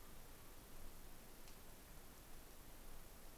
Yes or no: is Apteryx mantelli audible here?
no